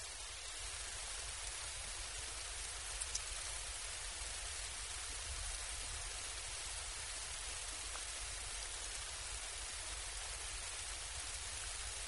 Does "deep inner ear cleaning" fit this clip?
no